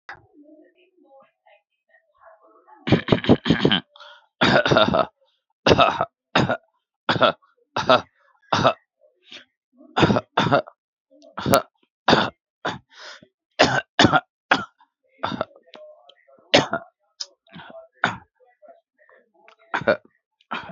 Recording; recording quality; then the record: shallow voluntary cough; excellent, no background noise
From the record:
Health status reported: respiratory illness, not identified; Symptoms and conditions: cough, breathing difficulty, sore throat, diabetes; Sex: male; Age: 30 years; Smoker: not ticked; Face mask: not worn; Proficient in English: no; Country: India